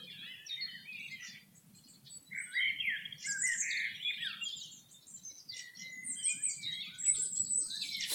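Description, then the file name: Bird song of varied chirps and warbled phrases in quick succession over a faint low hum. "birds singing"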